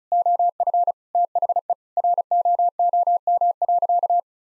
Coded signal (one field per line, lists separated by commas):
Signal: Morse code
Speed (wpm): 36 wpm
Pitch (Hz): 700 Hz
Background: none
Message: OF THE ROOM.